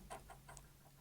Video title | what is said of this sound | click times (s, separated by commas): Husqvarna Viking Jade 35 Owner's Class | make sure as you pull it over that you hear it click into the bobbin tension | 0.6 s